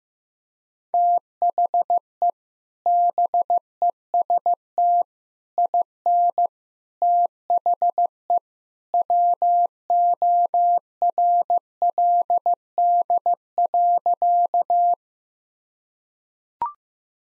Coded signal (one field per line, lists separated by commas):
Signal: Morse code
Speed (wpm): 15 wpm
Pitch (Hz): 700 Hz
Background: none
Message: THE BEST IN THE WORLD.